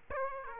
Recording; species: mosquito wingbeat signal from an infrared sensor; Aedes aegypti